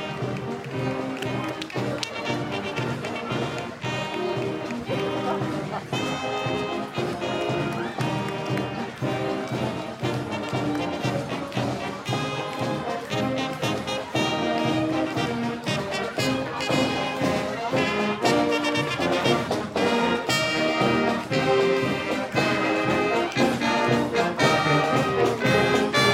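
A Memorial Day parade passes on a downtown street, filled with dense, steady music that sounds like a marching band: sustained brass tones over regular drum beats. The playing is continuous, growing a little louder toward the end.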